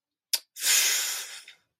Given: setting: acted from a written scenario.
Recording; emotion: vocal sound without words; disappointment